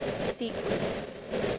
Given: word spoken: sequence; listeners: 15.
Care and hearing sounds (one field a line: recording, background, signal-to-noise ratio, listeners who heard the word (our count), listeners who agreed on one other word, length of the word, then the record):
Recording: one English word in noise, from a listening test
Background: noise modulated by three-talker babble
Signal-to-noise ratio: -7.2 dB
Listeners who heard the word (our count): 5 of 15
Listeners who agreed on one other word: 9 of 15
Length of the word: 1.19 s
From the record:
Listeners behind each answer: 9, 5, 1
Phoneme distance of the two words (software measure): 30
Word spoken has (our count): 2 syllables, 7 phonemes, stress on syllable 1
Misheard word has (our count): 2 syllables, 7 phonemes, stress on syllable 1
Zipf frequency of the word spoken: 4.08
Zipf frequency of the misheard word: 4.23